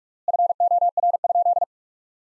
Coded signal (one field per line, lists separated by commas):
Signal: Morse code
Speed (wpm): 47 wpm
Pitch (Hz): 700 Hz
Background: none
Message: FOR?